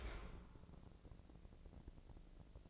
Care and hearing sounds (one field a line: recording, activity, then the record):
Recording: daily activity, microphone in the room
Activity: open dishwasher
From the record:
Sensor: 5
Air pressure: 1012.4 hPa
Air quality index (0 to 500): 158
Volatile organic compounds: 2 ppm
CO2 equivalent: 1073 ppm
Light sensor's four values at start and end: 115/275/117/132 and 115/276/117/132